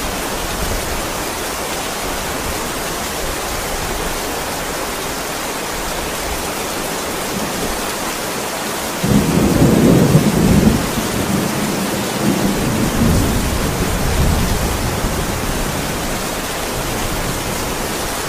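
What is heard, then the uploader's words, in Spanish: Heavy rain hisses steadily throughout, and around nine seconds a low rumble of thunder swells in and rolls on until the end. Sonido De Tormentas Fuertes Con Lluvia Pesado.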